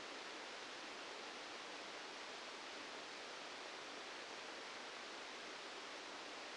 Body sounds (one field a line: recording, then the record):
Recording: brain microelectrode recording played as sound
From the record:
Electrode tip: outside the subthalamic nucleus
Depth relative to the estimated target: -6 mm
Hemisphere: left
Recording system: NeuroSet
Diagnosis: Parkinson's disease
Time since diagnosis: 13 years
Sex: male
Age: 65 years